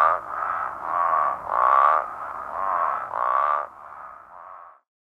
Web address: Songs of Frogs Toads of North America -Great Basin Spadefoot